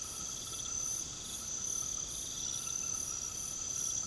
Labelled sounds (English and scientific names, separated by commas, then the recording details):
none
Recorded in pastures near Puerto Asís, Putumayo, Colombia, on 9 March 2025 at 22:00
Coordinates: 0.486, -76.323
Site G075